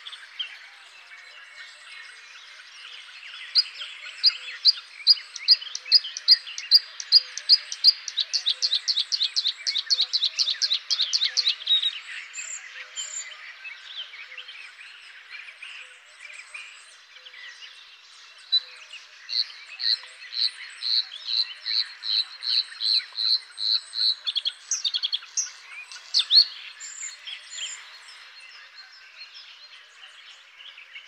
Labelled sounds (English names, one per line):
Bluethroat song